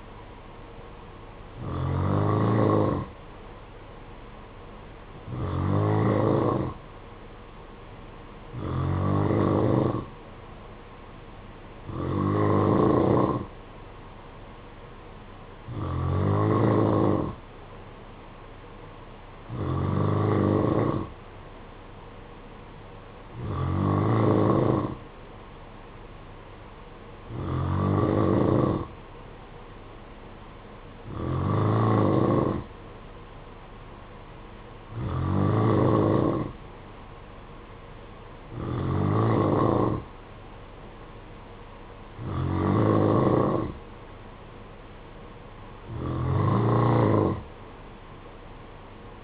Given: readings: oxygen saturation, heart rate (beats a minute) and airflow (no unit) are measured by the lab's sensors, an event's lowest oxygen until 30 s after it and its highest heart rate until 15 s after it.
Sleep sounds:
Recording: breathing in sleep by a voice recorder at the bedside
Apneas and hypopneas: none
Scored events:
16.00-46.00 s: new sleep stage, N3 (deep sleep)
46.00-49.23 s: new sleep stage, N2 (light sleep)
From the record:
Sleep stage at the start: N2 (light sleep)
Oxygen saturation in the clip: 90 to 92%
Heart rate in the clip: 54 to 59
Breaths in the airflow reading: 13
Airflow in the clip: -7.4 to 4.7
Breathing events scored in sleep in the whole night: 476 in 9.7 hours asleep

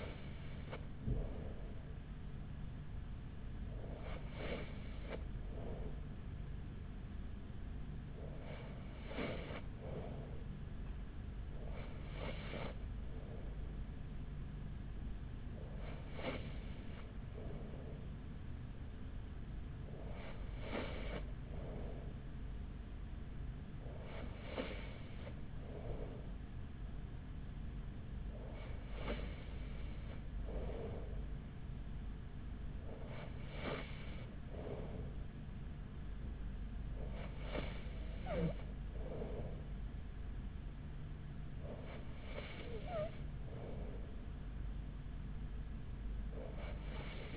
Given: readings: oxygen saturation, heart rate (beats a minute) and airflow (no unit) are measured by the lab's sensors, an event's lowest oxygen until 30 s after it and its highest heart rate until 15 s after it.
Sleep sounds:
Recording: breathing in sleep by a smartphone at the bedside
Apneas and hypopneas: none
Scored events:
none scored
From the record:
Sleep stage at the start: N3 (deep sleep)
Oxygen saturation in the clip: 94%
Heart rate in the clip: 42 to 45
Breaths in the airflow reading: 11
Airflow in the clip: -4.9 to 4.6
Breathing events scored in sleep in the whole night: 207 in 7.6 hours asleep

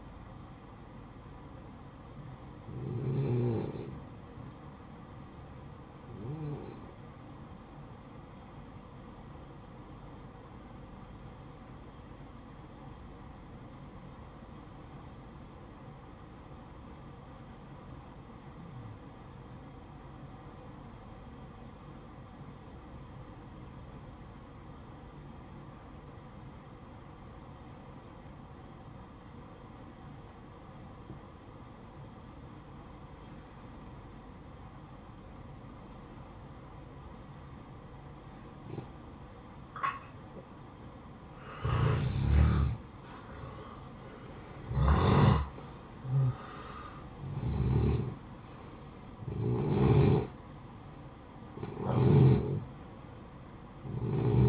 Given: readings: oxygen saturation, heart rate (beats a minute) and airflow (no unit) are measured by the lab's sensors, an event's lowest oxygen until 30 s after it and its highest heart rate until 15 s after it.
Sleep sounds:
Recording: breathing in sleep by a smartphone at the bedside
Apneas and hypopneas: 1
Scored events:
13.00-38.00 s: obstructive apnea (N1, oxygen 97% highest, then 92% lowest, heart rate 62 at the start, 65 highest)
28.00-54.48 s: new sleep stage, N2 (light sleep)
From the record:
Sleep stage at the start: N1 (lightest sleep)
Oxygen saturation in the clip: 88 to 97%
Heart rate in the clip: 55 to 66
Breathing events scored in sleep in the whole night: 573 in 9.8 hours asleep

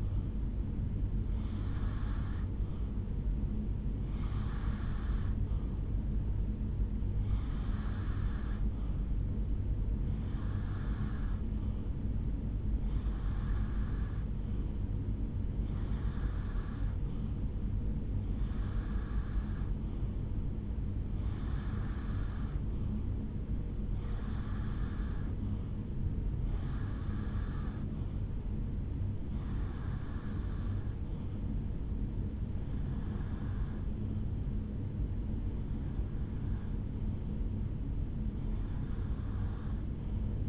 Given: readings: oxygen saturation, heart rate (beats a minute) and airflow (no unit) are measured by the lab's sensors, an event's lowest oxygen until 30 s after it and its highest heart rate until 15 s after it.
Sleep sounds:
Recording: breathing in sleep by a smartphone at the bedside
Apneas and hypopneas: 1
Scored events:
4.00-25.10 s: hypopnea (N2, oxygen 94% highest, then 89% lowest, heart rate 65 at the start, 74 highest)
25.00-40.48 s: new sleep stage, REM sleep
From the record:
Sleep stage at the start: N2 (light sleep)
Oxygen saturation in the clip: 88 to 94%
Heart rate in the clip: 65 to 74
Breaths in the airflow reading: 15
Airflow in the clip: -3.5 to 2.1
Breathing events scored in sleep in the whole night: 449 in 7.0 hours asleep

